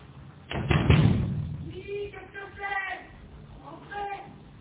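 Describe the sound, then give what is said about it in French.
A quick burst of several hard, loud knocks on the glass door of a concierge's lodge near the start, followed by quieter, muffled voice-like sounds. “Aucun effet. Il frappe plus fort.”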